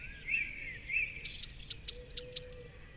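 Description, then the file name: Eurasian blue tit singing a rapid series of about eight high notes, after two soft lower notes. "Cyanistes caeruleus"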